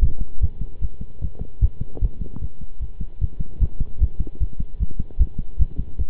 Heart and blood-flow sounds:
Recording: heart sounds by stethoscope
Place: between the tricuspid and mitral areas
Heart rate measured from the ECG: 151 bpm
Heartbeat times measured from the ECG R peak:
0.02 s: heartbeat
0.42 s: heartbeat
0.81 s: heartbeat
1.21 s: heartbeat
1.61 s: heartbeat
2.01 s: heartbeat
2.41 s: heartbeat
2.81 s: heartbeat
3.21 s: heartbeat
3.61 s: heartbeat
4.01 s: heartbeat
4.40 s: heartbeat
4.80 s: heartbeat
5.19 s: heartbeat
5.59 s: heartbeat
5.98 s: heartbeat
From the record:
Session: pedaling a stationary bicycle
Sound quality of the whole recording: good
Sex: male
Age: 23 years

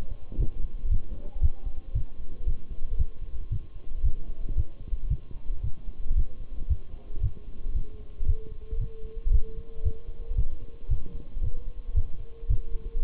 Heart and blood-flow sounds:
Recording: heart sounds by stethoscope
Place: between the tricuspid and mitral areas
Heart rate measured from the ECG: 114 bpm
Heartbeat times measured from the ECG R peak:
0.40 s: heartbeat
0.91 s: heartbeat
1.43 s: heartbeat
1.95 s: heartbeat
2.47 s: heartbeat
2.99 s: heartbeat
3.52 s: heartbeat
4.05 s: heartbeat
4.57 s: heartbeat
5.10 s: heartbeat
5.64 s: heartbeat
6.17 s: heartbeat
6.70 s: heartbeat
7.23 s: heartbeat
7.76 s: heartbeat
8.28 s: heartbeat
8.81 s: heartbeat
9.33 s: heartbeat
9.85 s: heartbeat
10.38 s: heartbeat
10.90 s: heartbeat
11.43 s: heartbeat
11.96 s: heartbeat
12.50 s: heartbeat
13.03 s: heartbeat
From the record:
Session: Bruce protocol treadmill stress test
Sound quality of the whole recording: partially saturated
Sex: male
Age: 23 years

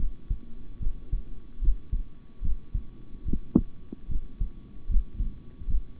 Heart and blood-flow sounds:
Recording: heart sounds by stethoscope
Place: between the tricuspid and mitral areas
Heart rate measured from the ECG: 74 bpm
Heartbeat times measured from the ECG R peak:
0.79 s: heartbeat
1.60 s: heartbeat
2.41 s: heartbeat
3.25 s: heartbeat
4.08 s: heartbeat
4.88 s: heartbeat
5.66 s: heartbeat
From the record:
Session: rest, sitting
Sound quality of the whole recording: good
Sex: male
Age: 26 years

